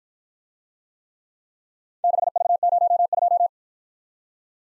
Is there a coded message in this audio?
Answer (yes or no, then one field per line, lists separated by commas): yes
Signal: Morse code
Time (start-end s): 2.0-3.5 s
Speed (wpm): 53 wpm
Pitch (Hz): 700 Hz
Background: none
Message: 6V02